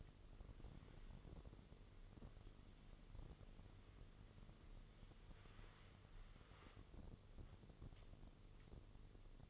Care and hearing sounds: daily activity, microphone in the room; wipe stove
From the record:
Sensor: 4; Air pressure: 1015.9 hPa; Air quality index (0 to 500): 151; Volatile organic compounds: 5 ppm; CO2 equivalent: 1707 ppm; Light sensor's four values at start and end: 9/19/7/7 and 9/19/7/7

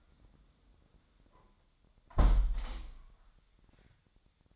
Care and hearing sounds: daily activity, microphone in the room; close window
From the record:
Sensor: 3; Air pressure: 1004.6 hPa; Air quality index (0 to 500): 77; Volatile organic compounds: 2 ppm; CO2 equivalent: 1160 ppm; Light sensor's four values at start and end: 7/17/6/6 and 7/16/6/6

